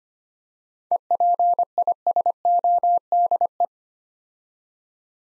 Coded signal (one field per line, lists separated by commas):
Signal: Morse code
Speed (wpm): 25 wpm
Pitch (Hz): 700 Hz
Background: none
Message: EPISODE